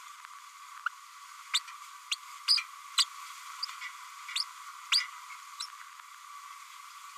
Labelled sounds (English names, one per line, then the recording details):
Green-rumped Parrotlet babbling
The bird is a female
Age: 31 days
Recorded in a nest box in Venezuela
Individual 17B102A5